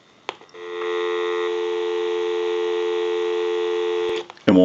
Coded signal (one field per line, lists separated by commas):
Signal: telephone call progress tone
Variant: North America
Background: speech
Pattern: dial tone